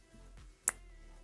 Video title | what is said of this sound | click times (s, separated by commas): Kwikset Smart Key Decoder Failure | Hear that click? | 0.7 s